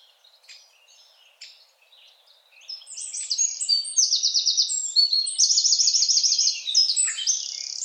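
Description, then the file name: Eurasian wren song: scattered high chips, then a loud, fast outburst of ringing trills and rattles from about three seconds to the end. "Troglodytes troglodytes"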